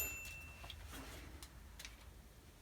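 A metal and plastic depth gauge rod is handled on a Bosch Bulldog Xtreme 11255VSR SDS-Plus rotary hammer, with its release button pressed and the rod slid toward the handle clamp. Light ticking hits are heard, but nothing has seated or locked in place yet.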